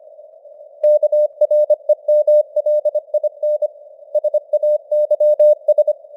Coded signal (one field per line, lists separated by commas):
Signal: Morse code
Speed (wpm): 25 wpm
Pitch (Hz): 600 Hz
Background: none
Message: KREMLIN SAYS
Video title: Morse Code News | 2025-11-26 | 25wpm